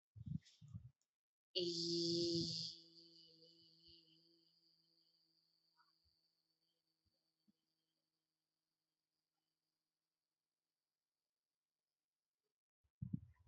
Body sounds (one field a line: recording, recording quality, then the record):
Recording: sustained vowel as in beet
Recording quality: excellent, no background noise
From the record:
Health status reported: healthy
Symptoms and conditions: none ticked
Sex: female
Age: 42 years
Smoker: not ticked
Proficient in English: yes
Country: India